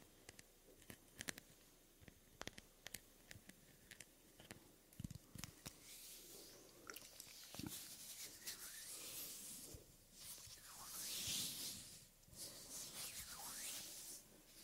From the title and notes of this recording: ASMR Soft Hand Sounds & Movements Skin Sounds Up-Close Breathing.